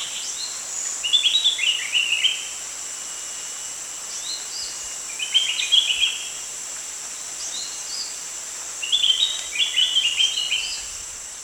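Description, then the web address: Spectacled bulbul giving repeated chattering phrases of quick chirps in groups, with brief pauses between, over a continuous shrill insect background. Recorded at Danum on 1 January 2008. "DANUM 20080101. spectacled bulbul"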